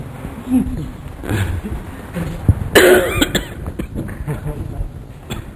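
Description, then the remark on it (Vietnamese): Two short, forced coughs burst out, the second harsher and louder, with a faint murmur of voices underneath. “Không có ho. Muốn tạo ho dễ mà.”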